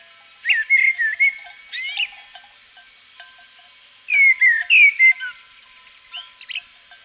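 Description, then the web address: Common blackbird song of two mellow whistled phrases and a fainter third, with scratchy high flourishes, over faint steady tonal ringing in the background. Recorded in Provence. "agykontroll - A természet hangjai - A provence-i feketerigó"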